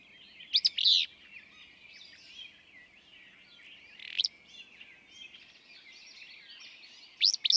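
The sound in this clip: Willow flycatcher song, a brisk buzzy two-part phrase given three times about every three seconds, with a constant background of thin chirps from other birds.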